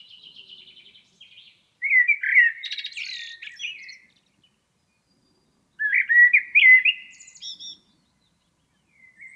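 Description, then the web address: Blackbird song with a soft high trill, then two rich, fluted warbling phrases that break into scratchy high twitters, separated by a brief silence. "Environmental chamber testing blackbird"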